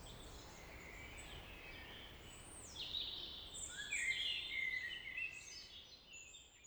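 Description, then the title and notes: Common blackbird song: a warble mixed with busy, high, scratchy twittering, with other birds calling at the same time. Early evening, April 2019, Vallée des Traouiero, Trégastel, France; one blackbird with other birds; recorded with MKH 8040 ORTF pair, Sound Devices MixPre-D and Zoom H5. "Vallée des Traouiero, Trégastel, France - Blackbird song [Valley Traouïero]. yponomeutaneko"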